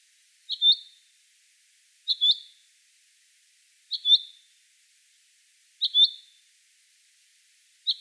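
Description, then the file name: Common chaffinch giving a two-part high call, repeated at fairly even intervals of about one and a half to two seconds, with no other sounds. "Fringilla coelebs"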